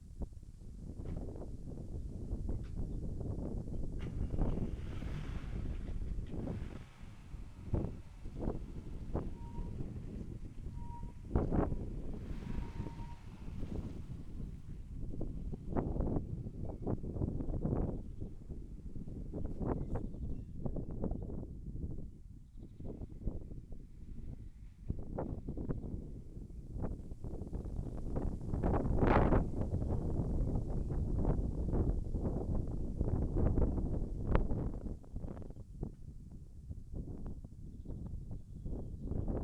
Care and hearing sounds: everyday scene through a hearing-aid microphone; wind on the microphone; wind, vehicle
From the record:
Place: in front of a rural house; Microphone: behind the ear, left, rear

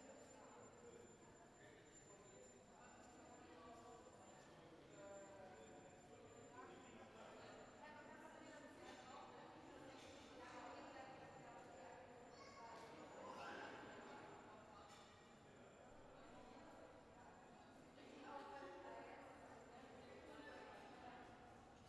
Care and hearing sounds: everyday scene through a hearing-aid microphone; reverberant space; background noise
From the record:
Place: railway station hall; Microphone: behind the ear, right, front

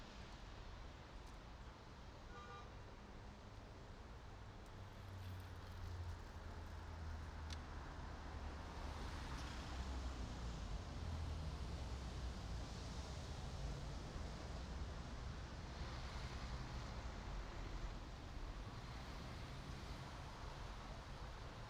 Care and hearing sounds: everyday scene through a hearing-aid microphone; in traffic; traffic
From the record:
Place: main city hub, rush hour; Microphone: in the ear canal, right

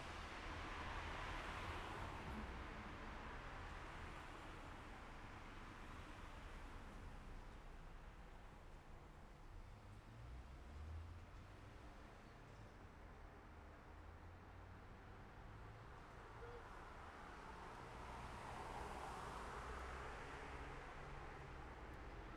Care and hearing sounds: everyday scene through a hearing-aid microphone; in traffic; traffic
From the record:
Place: city secondary road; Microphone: behind the ear, left, rear

